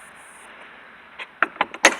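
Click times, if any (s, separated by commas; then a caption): 1.4 s, 1.8 s. A heavy-duty fence gate with a breaker-bar latch is swung closed over a quiet background hiss, and the latch bar snaps into its keeper on the fence post. Sharp metallic clicks land at 1.4 s and 1.9 s, with smaller knocks between them. The latch catches and the gate is seated shut.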